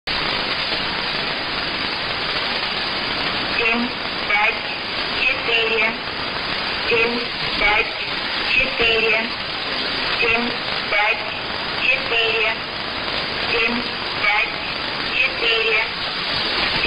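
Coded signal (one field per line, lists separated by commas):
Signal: numbers station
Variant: S06s Russian Lady, Russian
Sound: female voice reading short, evenly spaced words through loud hiss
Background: radio static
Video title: 03 04 2018 S06s Russian Lady numbers station in Russian to Eu 1100 on 6190 unknown tx site in CUSB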